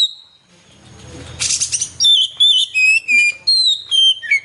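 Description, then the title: Oriental magpie-robin song: after a faint note and a hissy burst, bright clear whistles repeat in quick, rhythmic phrases, slurring downward. "Kacer5"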